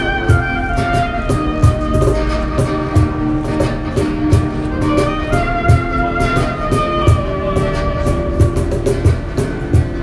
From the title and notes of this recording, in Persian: ایستگاه بهارستان. مترو بهارستان.